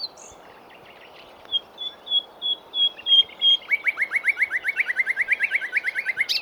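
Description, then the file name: Common nightingale song: a row of clear, even whistles gives way to a long series of rising, repeated notes. "Luscinia megarhynchos"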